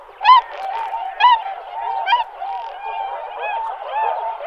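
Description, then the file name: Tundra swan calls: three loud clear honks about a second apart stand out over a softer babble of other swans calling behind them. "labuť-malá"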